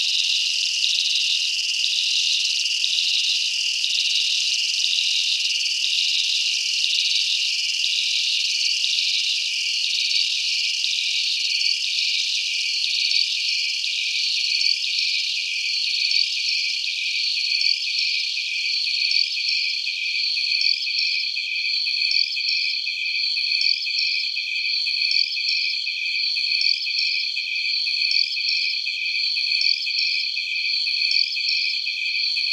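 Dense, high insect chorus on a hillside in Malaysia, a continuous shrill drone with nothing in the low range. A fast, regular pulsing ripples through it, growing into distinct repeated chirps about every second in the latter half, while the overall loudness stays steady.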